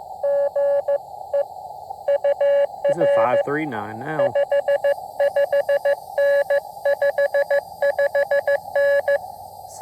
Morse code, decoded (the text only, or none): GE UR 55N 55N